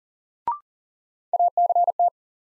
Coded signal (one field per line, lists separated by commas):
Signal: Morse code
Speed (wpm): 40 wpm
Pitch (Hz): 700 Hz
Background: none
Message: ACT